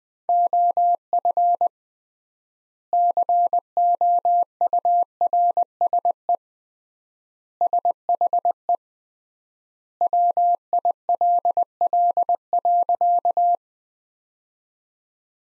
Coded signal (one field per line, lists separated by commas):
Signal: Morse code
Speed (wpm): 20 wpm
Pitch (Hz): 700 Hz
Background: none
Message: OF COURSE SHE WILL.